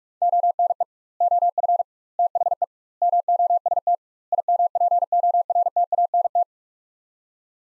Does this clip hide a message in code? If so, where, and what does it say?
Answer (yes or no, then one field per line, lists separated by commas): yes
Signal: Morse code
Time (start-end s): 0.2-6.4 s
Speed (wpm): 44 wpm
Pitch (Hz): 700 Hz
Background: none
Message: ONE OF THE MOST IMPORTANT